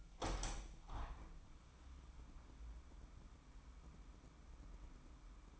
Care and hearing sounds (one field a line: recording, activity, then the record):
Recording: daily activity, microphone in the room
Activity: open window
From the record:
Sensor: 1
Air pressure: 998.0 hPa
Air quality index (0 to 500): 129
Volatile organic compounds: 4 ppm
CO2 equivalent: 1538 ppm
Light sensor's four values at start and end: 17/57/23/23 and 17/56/23/23